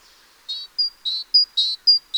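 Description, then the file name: Great tit call series: rasping buzzy bursts alternating with short high whistles, about seven notes in under two seconds. "Parus major"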